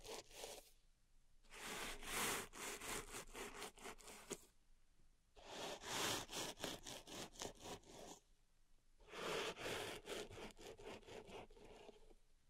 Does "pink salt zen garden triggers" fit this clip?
yes